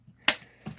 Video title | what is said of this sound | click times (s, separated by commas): Transformers Earthrise Commander class Sky lynx Review (SO AWSOME!) | so you hear the click down forward and peg | 0.3 s